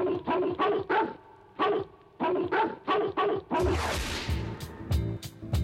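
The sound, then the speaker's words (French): A dog barks about a dozen times in quick, loud, mid-pitched bursts, some in pairs, then the barking gives way to harsh rustling noise and a few sharp cracks. “Eh oui, tu peux offrir des pâtisseries à ton kleps pour Noël.”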